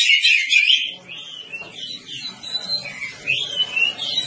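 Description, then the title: Oriental magpie-robin song opening with a loud, bright trilled phrase, then softer wavering whistles that rise and dip, faint low rumble beneath. Long-duration song. "Kacer"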